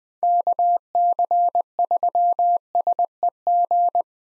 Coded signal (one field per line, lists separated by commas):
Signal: Morse code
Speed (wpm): 21 wpm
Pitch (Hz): 700 Hz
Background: none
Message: KC3SEG